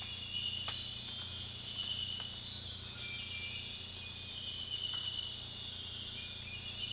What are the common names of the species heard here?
none